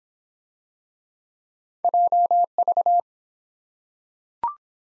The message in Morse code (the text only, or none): JV